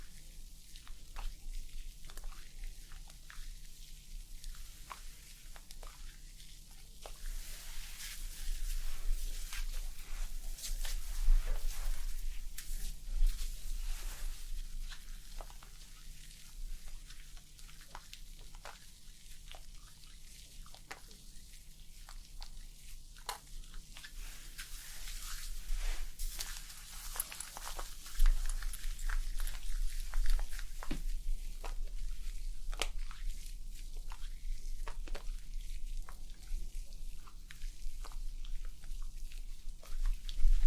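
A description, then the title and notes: Dry scratching and brushing sounds against hair or scalp, with many quick crisp strokes and taps scattered throughout. The texture swells into denser, brighter bursts around 8–12 and 25–30 seconds, then thins again. A faint low hum sits underneath. ASMR Scalp Treatment + Hair Wash Roleplay Massage, Layered Sounds & Hair Brushing for Sleep.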